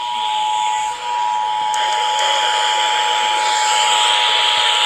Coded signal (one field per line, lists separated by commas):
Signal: Emergency Alert System (SAME) tones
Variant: 853 and 960 Hz attention tone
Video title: Florida Required Monthly Test on TV! (EAS #11)